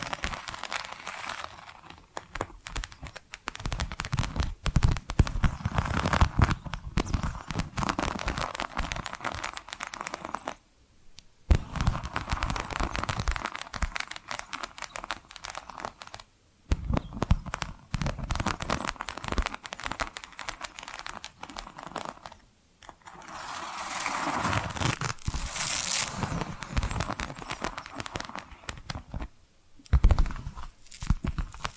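Dense, rapid tapping and scratching runs almost without pause, a busy crackle of fine strokes with some duller low thumps beneath. It stops in brief silent gaps near 11, 16, 22 and 29 seconds, and a brighter, sharper scratching stands out around 25 to 27 seconds.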